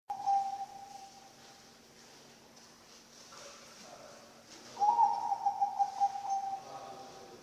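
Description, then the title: Zebra dove cooing song: a short purring note, then after a pause a louder, rapidly pulsed trilled phrase that holds steady before fading, over a faint steady hum. Bangkok-type zebra dove song, recorded for training other birds (masteran) and for luring (pancingan). "mster Mnuk. SUARA OCEHAN BURUNG PERKUTUT BANGKOK Untuk MASTERAN dan PANCINGAN"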